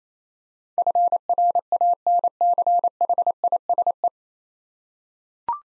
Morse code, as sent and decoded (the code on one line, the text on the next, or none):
..-. .-. .- -. -.-. .... .. ... .
FRANCHISE